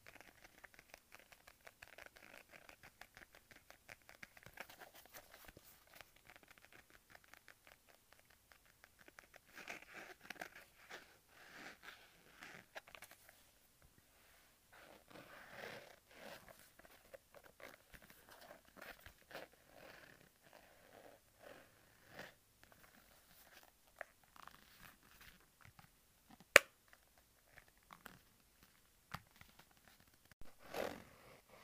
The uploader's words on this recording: ASMR Leather Wallet Sounds.